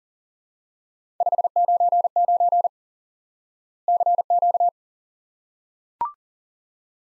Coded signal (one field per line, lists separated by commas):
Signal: Morse code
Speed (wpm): 43 wpm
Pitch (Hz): 700 Hz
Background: none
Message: 599 CQ